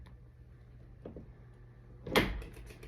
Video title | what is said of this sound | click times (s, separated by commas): French door project, final episode | so that little ball goes inside the plate there and locks in place | 2.2 s